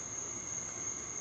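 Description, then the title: Cricket sound as a steady high shrill trill, flat and continuous, over a faint low rumbling background. "Cricket Therapy"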